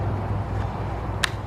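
A plastic button (or lever) is pushed back into the rear handle housing of a Stihl MS260 chainsaw during a repair for bogging issues. A low steady hum runs underneath until a single sharp click at 1.2 s, when the button snaps into place and is seated.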